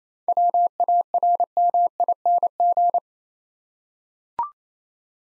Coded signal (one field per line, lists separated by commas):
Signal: Morse code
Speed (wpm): 29 wpm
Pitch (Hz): 700 Hz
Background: none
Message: WARMING